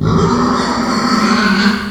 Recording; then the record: squeal of a Yucatan mini pig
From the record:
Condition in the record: after surgery on the right vocal fold (resection and tissue-engineered implant); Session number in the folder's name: 16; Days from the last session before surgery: 183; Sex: female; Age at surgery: 19 weeks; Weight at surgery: 25 kg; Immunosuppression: prednisolone